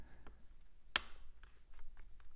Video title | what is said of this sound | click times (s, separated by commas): Acer Aspire Displaydeckel Reparatur (Aspire 3, Extensa) - 60.HEFN2.001 - Anleitung | wie sie einrastet gut | 1.0 s